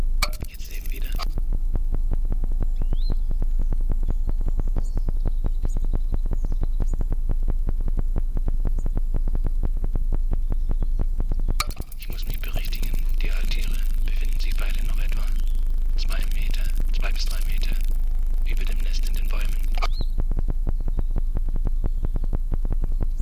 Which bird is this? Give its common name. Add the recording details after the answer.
Western Bonelli's Warbler. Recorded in the wild. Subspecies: bonelli. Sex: diverse. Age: diverse. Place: am Erdbeerberg bei Eningen unter Achalm, Schwäbische Alb, Baden-Württemberg, DE. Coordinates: 48.4833, 9.26667. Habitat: forested mountain side. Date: 1970-06-23 10:30. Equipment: Nagra III PH, MD211, DP26. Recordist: Schneider, Hans-Joachim. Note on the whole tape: Phylloscopus bonelli bonelli. Warnrufe eines Weibchens in Nestnähe; Laute vom Männchen bei Annäherung ans Nest (mit Futter); Abwehr- oder Angstlaute der Jungen im Nest bei Belästigung durch den Beobachter. (Teilweise technische Störungen.) Sonagramm